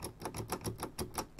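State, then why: Not seated. The push-latch power switch on the front panel of a Digimess UZ2400 Universal Counter (frequency counter) is pressed repeatedly, giving a quick series of sharp mechanical clicks across 1.4 seconds. The switch does not latch in either the on or off position; nothing has latched yet.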